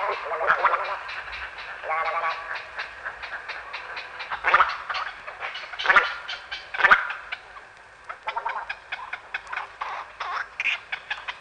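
Little egret chorus of rough, guttural croaks and grating squawks, several birds overlapping, with louder bursts around five, six and seven seconds.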